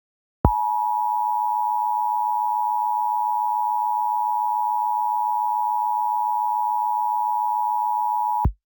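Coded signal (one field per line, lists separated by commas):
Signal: Emergency Alert System (SAME) tones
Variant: 853 and 960 Hz attention tone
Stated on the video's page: Fictional EAS scenario with valid tones.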